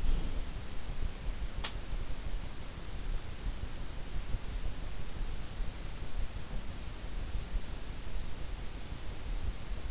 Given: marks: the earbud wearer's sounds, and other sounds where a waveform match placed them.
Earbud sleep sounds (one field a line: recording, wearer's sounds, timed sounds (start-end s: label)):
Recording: sounds in sleep by an in-ear microphone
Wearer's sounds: breath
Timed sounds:
0.00-0.53 s: breath